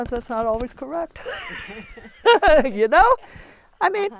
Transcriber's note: they laugh